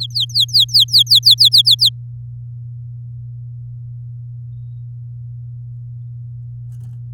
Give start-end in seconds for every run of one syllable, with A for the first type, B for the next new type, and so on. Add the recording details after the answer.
0.01-1.89 A. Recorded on 9 May 2018 at 07:37. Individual llb16